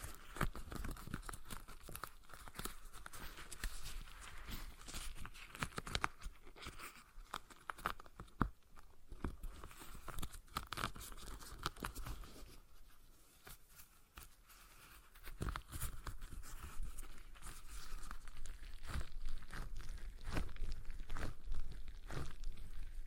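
A stress ball is squeezed and worked, giving a dense run of short crackling, squishing and tearing-like sounds. The clicks come rapidly and unevenly throughout, easing off briefly around thirteen to fifteen seconds before building back up, with a low steady hum underneath.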